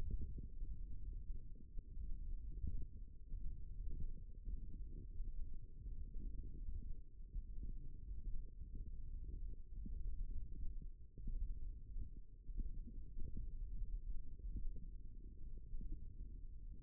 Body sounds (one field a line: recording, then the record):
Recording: forearm muscle sounds (acoustic myography)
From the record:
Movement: finger pinch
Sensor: system 1, eight BSWA MPA416 microphones around the upper forearm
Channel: 2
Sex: male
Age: 18 years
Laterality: right